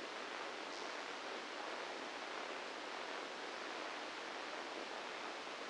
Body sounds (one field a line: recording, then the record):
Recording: brain microelectrode recording played as sound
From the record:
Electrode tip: inside the subthalamic nucleus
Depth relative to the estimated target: -1 mm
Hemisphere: left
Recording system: NeuroSet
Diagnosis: Parkinson's disease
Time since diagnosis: 9 years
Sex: female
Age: 51 years